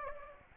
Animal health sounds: mosquito wingbeat signal from an infrared sensor; Aedes aegypti

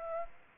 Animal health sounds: mosquito wingbeat signal from an infrared sensor; Aedes aegypti

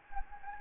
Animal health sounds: mosquito wingbeat signal from an infrared sensor; Anopheles gambiae

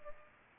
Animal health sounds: mosquito wingbeat signal from an infrared sensor; Culex pipiens

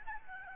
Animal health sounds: mosquito wingbeat signal from an infrared sensor; Aedes albopictus

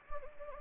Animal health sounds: mosquito wingbeat signal from an infrared sensor; Anopheles gambiae

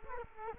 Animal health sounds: mosquito wingbeat signal from an infrared sensor; Culex quinquefasciatus

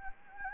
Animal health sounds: mosquito wingbeat signal from an infrared sensor; Anopheles gambiae

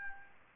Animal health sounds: mosquito wingbeat signal from an infrared sensor; Aedes albopictus

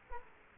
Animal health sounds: mosquito wingbeat signal from an infrared sensor; Culex quinquefasciatus

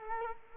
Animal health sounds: mosquito wingbeat signal from an infrared sensor; Culex quinquefasciatus

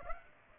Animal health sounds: mosquito wingbeat signal from an infrared sensor; Aedes aegypti

